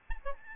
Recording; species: mosquito wingbeat signal from an infrared sensor; Aedes albopictus